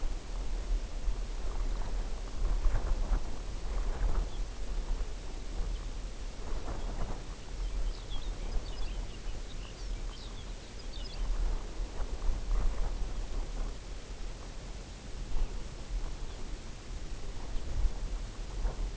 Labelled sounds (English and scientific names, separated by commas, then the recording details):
Lapland Longspur (Calcarius lapponicus)
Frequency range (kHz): Lapland Longspur (Calcarius lapponicus) 1.4-5.9 kHz
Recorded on Arctic tundra, site UTQI-0, on 14 June 2019
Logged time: 02:00